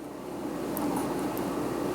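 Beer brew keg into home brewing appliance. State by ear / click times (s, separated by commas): not seated / none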